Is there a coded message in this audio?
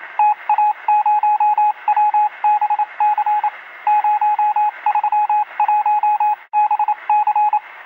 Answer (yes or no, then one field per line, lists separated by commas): yes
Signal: Morse code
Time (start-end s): 0.2-7.6 s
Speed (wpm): 27 wpm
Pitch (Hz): 840 Hz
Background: radio noise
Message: TA0WBC 031BC